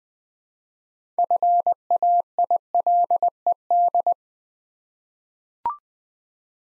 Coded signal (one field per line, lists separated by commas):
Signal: Morse code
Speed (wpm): 20 wpm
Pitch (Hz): 700 Hz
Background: none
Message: FAILED